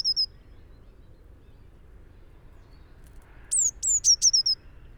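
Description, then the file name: Eurasian blue tit calling, a brief high thin call at the start, then after a pause a quick series of five high, downslurred notes. "Cyanistes caeruleus"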